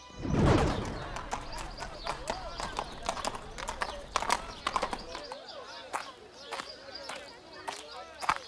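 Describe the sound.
Horse hooves clip-clop in an uneven, steady series of sharp knocks, ringing out over a background of voices talking and a soft ambient hum.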